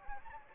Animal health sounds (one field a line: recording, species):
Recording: mosquito wingbeat signal from an infrared sensor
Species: Anopheles gambiae